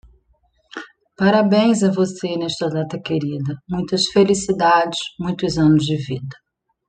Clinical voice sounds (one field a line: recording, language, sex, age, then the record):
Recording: short text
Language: Brazilian Portuguese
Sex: female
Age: 30 to 39 years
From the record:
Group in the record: control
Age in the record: 38 years